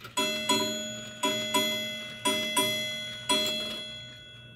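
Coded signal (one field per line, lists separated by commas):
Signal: ship's bell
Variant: Chelsea ship's bell clock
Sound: a clock bell rings seven times: three quick pairs, then one single ringing stroke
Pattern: 2-2-2-1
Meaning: Seven bells marks the seventh half-hour of a four-hour watch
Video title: CHELSEA 3/4 SHIPS BELL BANJO CLOCK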